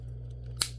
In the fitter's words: There you go, and you hear that snap.